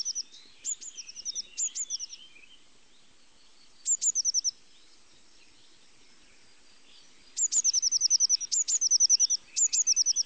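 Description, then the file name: Eurasian blue tit repeating a high note followed by a fast trill, in uneven bursts with a long gap. "Mesange bleue"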